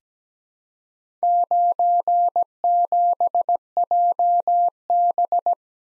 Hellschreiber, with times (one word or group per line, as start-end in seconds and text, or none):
none